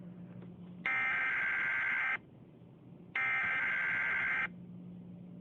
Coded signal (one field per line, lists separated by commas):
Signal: Emergency Alert System (SAME) tones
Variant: header bursts